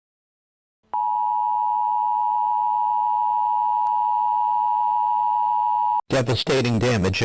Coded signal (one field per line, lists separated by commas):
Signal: Emergency Alert System (SAME) tones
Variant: 853 and 960 Hz attention tone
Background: speech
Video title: The ULTIMATE EAS Alert Iceberg Explained [Parts 1-2]